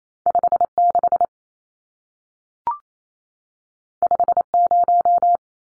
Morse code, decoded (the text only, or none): 56 50